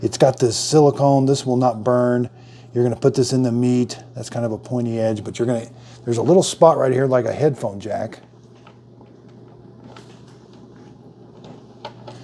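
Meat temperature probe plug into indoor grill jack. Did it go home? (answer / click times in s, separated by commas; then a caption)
yes / 11.8 s. Someone talks for the first eight seconds while holding the silicone-handled, pointy-tipped meat temperature probe of a Ninja Foodi Smart XL 6-in-1 indoor grill. Quiet handling noises follow as the probe's plug is pushed into the small headphone-style jack on the grill body. It clicks into place at 11.9 s, and the probe is seated so the grill detects it.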